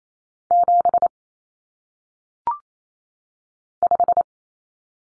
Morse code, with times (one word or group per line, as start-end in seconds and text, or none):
0.5-1.1 7
3.8-4.2 5